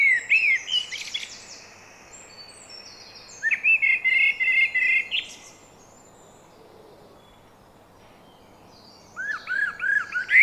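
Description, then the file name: Common blackbird giving short clusters of quick notes with high squeaky sounds above, separated by quiet stretches, then another arching series near the end. "Turdus merula"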